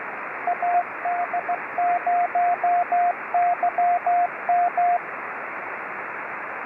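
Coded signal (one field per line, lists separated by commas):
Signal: Morse code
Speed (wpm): 19 wpm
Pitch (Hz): 700 Hz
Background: radio noise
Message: AD0YM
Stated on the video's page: CW contacts during a Summits on the Air and Parks on the Air summit activation, on 2 meters and 23 centimeters VHF/UHF plus HF.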